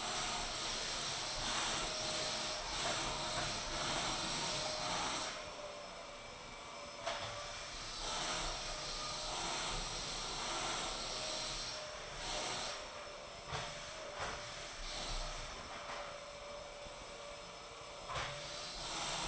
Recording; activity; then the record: daily activity, microphone in the room; vacuum cleaning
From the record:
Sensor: 5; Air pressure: 1002.1 hPa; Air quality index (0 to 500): 211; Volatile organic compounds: 21 ppm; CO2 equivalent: 2737 ppm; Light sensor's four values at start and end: 10/23/9/10 and 10/24/10/11